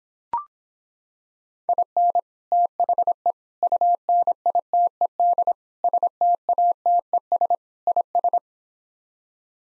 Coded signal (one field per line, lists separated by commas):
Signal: Morse code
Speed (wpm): 26 wpm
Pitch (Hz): 700 Hz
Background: none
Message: IN THE UNITED STATES IS